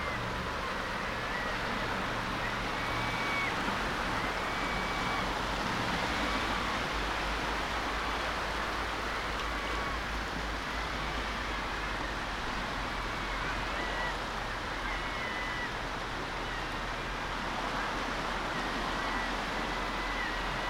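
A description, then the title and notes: Waves wash steadily across a wide open beach, a dense unbroken hiss with a low rumble underneath and faint chirps here and there. Waves of the intertidal zone. This wide open beach, is white noise solitude. This sound photograph of Tenby beach is first try of something new for Lento. We recorded it dynamically, as we walked, in one unbroken 30 minute take.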